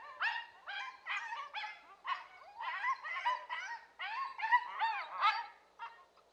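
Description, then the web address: Coyote giving a rapid series of yips and short wavering yelps, rising and falling throughout. "Dan Gibson Wildlife Identification By Sound, Western North America. Coyote"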